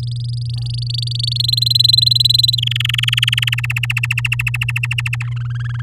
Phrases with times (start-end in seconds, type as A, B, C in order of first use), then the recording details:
0.03-1.42 A, 1.44-2.55 B, 2.58-3.49 C, 3.52-5.24 D, 5.27-5.81 E. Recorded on 10 May 2018 at 12:53. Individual llb16